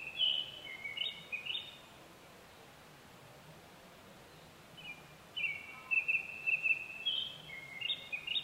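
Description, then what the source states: Japanese thrush song, lively whistled phrases with rapid chirping notes at the start and again in the second half, with a pause between. 25 April 2010 at 18:00.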